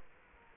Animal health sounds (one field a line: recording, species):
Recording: mosquito wingbeat signal from an infrared sensor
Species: Culex quinquefasciatus